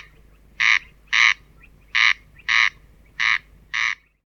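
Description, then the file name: Corn crake calling, six harsh rasping notes grouped in pairs. "Golosa ptic i zverei - Korostel"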